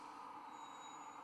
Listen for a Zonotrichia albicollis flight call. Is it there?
no